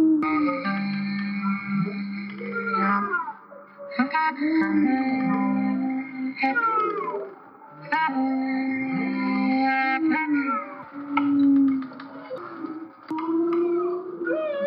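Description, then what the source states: Humpback whale song: long moaning tones and sliding upsweeps and downsweeps, layered with steady sustained notes from an instrument playing along. Recorded underwater in Hawaii during the winter mating and breeding season, with a hydrophone, while a musician played along through an underwater speaker.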